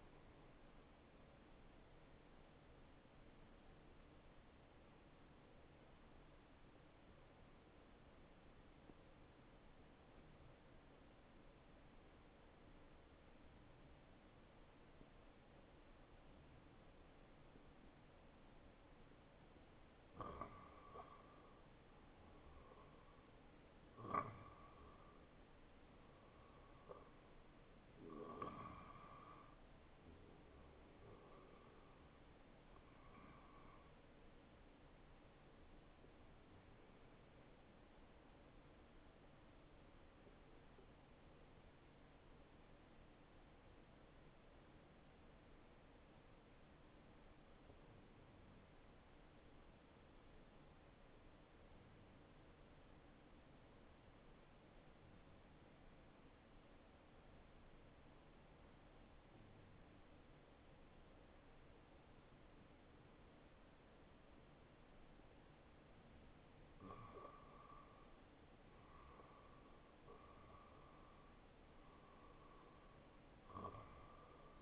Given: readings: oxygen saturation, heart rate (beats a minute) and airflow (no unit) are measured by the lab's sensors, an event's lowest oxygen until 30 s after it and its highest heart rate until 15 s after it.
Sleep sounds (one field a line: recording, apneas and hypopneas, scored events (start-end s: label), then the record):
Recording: breathing in sleep by a voice recorder at the bedside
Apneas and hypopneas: 2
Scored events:
5.00-24.90 s: hypopnea (N1, oxygen 93% highest, then 89% lowest, heart rate 69 at the start, 74 highest)
40.00-67.60 s: hypopnea (N1, oxygen 94% highest, then 90% lowest, heart rate 69 at the start, 74 highest)
From the record:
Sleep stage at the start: N1 (lightest sleep)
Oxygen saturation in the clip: 89 to 94%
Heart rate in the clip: 48 to 77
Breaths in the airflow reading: 13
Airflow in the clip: -7.8 to 6.2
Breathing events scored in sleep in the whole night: 263 in 5.5 hours asleep